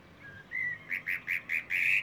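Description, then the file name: Eurasian blackbird giving a short run of several clipped, repeated whistled notes. "Turdus merula"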